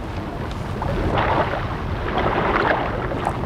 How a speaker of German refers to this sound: Schon sprudelt es wie eine Quelle. Es plätschert der Bach. Es rauschen Strom und Wasserfall.